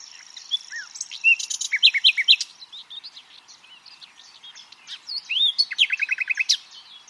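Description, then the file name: Common nightingale song: bursts of varied loud chirps and whistles, a quiet stretch of faint twitter, then a rising whistle and a quick run of descending notes. "Luscinia megarhynchos"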